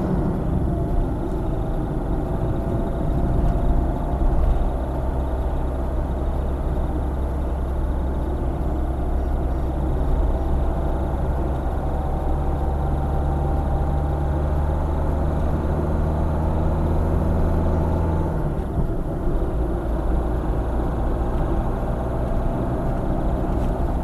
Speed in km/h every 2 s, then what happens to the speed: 44, 46, 48, 47, 50, 51, 54, 55, 58, 56, 57, 62.
0-24 speeds up to 62.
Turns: none.